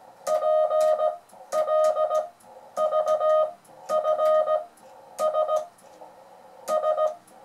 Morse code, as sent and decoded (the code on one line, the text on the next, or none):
.--. .-.. ...- ..-. ... / ...
PLVFS S